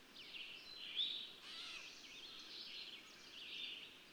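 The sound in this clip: Bird sounds: faint, busy high twittering over a steady hiss, with a slightly louder note near the start.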